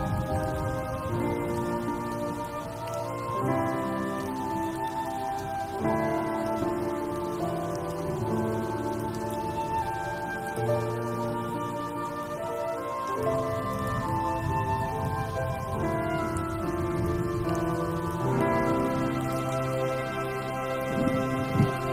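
An original soundtrack piece of layered, sustained tones holds a steady level throughout. The chords shift every few seconds, with clear changes near 3, 6, 13 and 18 seconds. A low rumbling bed runs underneath, and a brighter swell rises at the very end.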